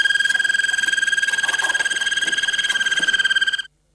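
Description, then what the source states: Harz Roller canary singing a rapid run of bright, ringing, pulsed notes held on a steady pitch for about three and a half seconds, then cut off. Harz Roller breed, sings with beak closed; song of sounds and harmonies at different pitches; 'teintée simple' tour, heard as li, li, li.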